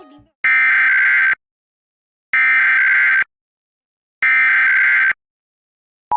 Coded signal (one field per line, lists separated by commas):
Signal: Emergency Alert System (SAME) tones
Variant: header bursts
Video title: CPTV Connecticut Required Monthly Test (EAS #1284) 9/19/23